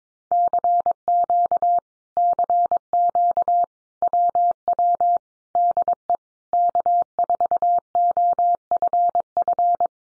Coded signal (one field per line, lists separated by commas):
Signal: Morse code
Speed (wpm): 22 wpm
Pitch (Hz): 700 Hz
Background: none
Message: CQ CQ WW DE K4OFF